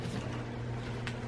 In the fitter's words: it just snaps into place and you're good